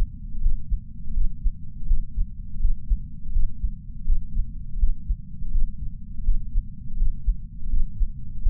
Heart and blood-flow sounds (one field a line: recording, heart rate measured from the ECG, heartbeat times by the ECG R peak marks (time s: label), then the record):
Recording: heart sounds by patch sensor on the chest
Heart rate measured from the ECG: 82 bpm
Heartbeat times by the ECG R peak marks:
0.41 s: heartbeat
1.14 s: heartbeat
1.87 s: heartbeat
2.60 s: heartbeat
3.33 s: heartbeat
4.05 s: heartbeat
4.79 s: heartbeat
5.52 s: heartbeat
6.24 s: heartbeat
6.97 s: heartbeat
7.70 s: heartbeat
8.42 s: heartbeat
From the record:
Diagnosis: coronary artery disease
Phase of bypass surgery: postoperative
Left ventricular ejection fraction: 56.8%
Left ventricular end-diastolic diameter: 44 mm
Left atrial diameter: 32 mm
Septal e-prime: 5.7 cm/s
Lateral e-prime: 6.1 cm/s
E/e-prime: 10.2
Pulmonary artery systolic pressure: 32 mmHg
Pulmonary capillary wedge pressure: 12 mmHg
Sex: male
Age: 65 years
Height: 165 cm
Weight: 60 kg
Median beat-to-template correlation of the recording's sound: 0.87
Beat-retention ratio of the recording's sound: 1.00